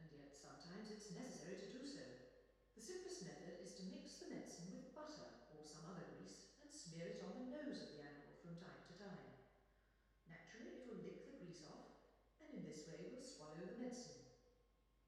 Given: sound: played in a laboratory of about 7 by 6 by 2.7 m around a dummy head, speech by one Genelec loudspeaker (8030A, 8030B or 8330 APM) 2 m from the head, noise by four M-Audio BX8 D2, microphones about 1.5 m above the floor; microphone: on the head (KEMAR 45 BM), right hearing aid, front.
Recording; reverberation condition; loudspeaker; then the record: female speech in English; high; 150 degrees to the left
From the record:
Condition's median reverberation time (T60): about 1300 ms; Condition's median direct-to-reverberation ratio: about -4.0 dB